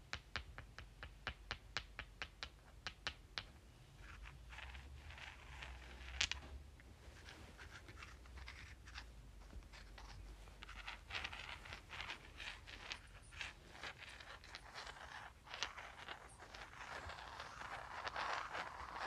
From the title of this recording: Clicking and Rubbing Rocks